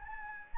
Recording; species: mosquito wingbeat signal from an infrared sensor; Anopheles gambiae